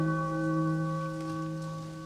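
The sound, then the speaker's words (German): A single sustained gong tone rings steadily with rich, evenly spaced harmonics, slowly fading over about two seconds with no talking. “So, hier ist der Gong.”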